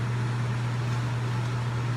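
A slide back plate is lined up on a pistol slide while a tool holds down the round plunger, before the plate is pushed home. Only a steady low hum around 110 Hz with broadband noise is heard at an even level throughout, with no sudden sounds. Nothing has seated or clicked yet.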